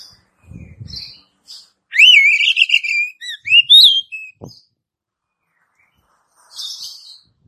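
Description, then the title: Oriental magpie-robin song: loud warbling, sliding whistles between softer scratchy notes, with a few faint low knocks. "Kacer"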